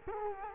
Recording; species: mosquito wingbeat signal from an infrared sensor; Culex quinquefasciatus